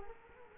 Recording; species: mosquito wingbeat signal from an infrared sensor; Culex quinquefasciatus